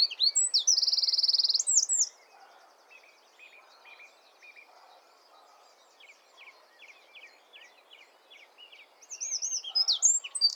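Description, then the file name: Eurasian wren bursts into a loud trilling phrase, then soft scattered chirps fill a lull before the wren's high rattling song resumes. "Troglodytes troglodytes"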